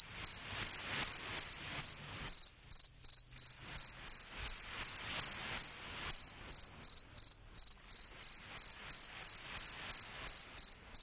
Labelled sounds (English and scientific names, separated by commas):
Two-spotted Cricket (Gryllus bimaculatus) stridulation